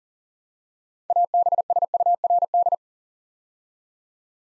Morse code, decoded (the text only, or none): ABSURD